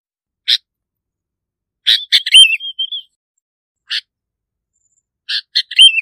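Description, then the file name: Bulbul: isolated clipped notes and a cluster of rich, slurred whistles that waver and fall, ending with another warbled phrase. "Tieng chao mao bong lau"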